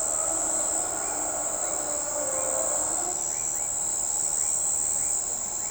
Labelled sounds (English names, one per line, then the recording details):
none
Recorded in shrubland near Pivijay, Magdalena, Colombia, on 14 April 2023 at 04:00
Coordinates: 10.453, -74.365
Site P5-G022